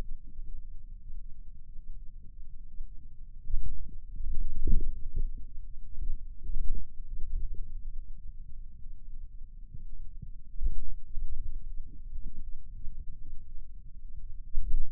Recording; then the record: forearm muscle sounds (acoustic myography)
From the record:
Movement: wrist flexion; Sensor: system 2, bracelet of six BSWA MPA416 microphones around the upper forearm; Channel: 2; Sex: male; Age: 22 years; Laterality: right